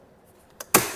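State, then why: Seated. While a Volvo XC60 door trim piece is being reinstalled, its clip slides into its mount on the car door. A faint tick at 0.6 s is followed by a sharp, loud click at 0.8 s, which then rings down. The clip is seated in place.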